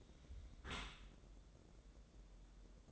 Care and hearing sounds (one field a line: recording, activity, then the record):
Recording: daily activity, microphone in the room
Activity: close dishwasher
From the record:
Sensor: 3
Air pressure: 1012.3 hPa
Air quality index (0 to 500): 160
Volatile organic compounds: 2 ppm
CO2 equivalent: 1226 ppm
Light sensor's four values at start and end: 471/1154/475/469 and 469/1150/474/467